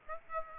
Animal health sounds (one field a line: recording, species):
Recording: mosquito wingbeat signal from an infrared sensor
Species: Aedes aegypti